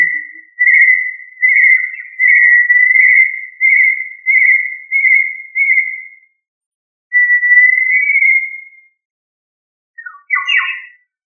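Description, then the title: Tinamou whistling: a series of about seven clear, steady whistles at one pitch, then a longer, slightly rising whistle and a couple of short burry notes at the end. "Familia Tinamidae - Quail - Puyuh"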